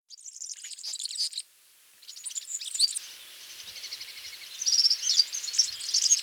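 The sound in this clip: European serin: bursts of high, scratchy jingling song separated by a short silence, followed by quieter, steady high twittering and a few clear thin notes.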